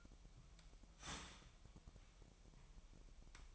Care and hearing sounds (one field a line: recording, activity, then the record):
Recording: daily activity, microphone in the room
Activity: start toaster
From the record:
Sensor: 1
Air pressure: 1002.0 hPa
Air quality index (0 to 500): 241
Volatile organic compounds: 46 ppm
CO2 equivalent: 3240 ppm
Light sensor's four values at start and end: 10/34/12/14 and 10/34/12/14